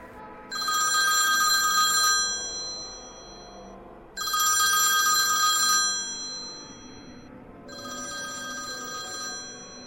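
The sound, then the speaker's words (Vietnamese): A telephone rings in three loud bursts of about two seconds each, a bright, buzzy electronic trill with short pauses between, the last burst slightly softer. No one speaks. “Đang trong lúc miên man suy nghĩ, chiếc điện thoại để trước mặt bỗng sáng lên. Màn hình hiển thị tên người gọi tới.”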